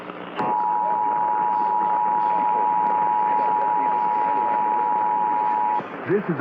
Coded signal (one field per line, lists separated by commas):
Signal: Emergency Alert System (SAME) tones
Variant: 853 and 960 Hz attention tone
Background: speech